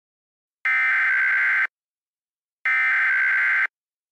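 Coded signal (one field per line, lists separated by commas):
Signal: Emergency Alert System (SAME) tones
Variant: header bursts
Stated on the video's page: Fictional Halloween EAS scenario.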